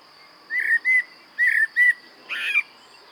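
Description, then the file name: Common blackbird: two pairs of short whistled notes, then a harsher, buzzier note, over a steady high background tone. "Turdus merula"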